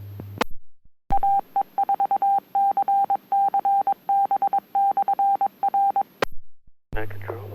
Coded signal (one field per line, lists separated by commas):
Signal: Morse code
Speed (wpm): 22 wpm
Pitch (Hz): 790 Hz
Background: speech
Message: AE4CC B/R